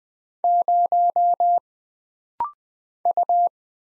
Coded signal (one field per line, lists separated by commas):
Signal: Morse code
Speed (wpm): 20 wpm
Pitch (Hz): 700 Hz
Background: none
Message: 0 U